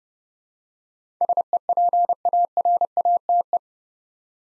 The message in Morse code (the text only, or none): SEPARATE